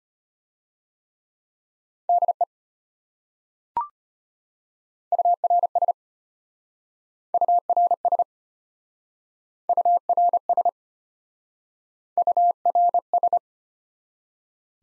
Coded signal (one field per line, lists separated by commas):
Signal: Morse code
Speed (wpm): 34 wpm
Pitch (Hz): 700 Hz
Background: none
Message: DE URS URS URS URS